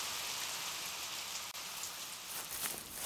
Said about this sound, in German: Ein kalter Wind weht die Blätter von den Bäumen. Regen verwandelt den Boden in einen schmutzigen Morast.